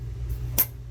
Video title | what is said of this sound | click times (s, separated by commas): Furrion RV Gas Cooktop and oven does get any gas. | there we go i heard the click | 0.6 s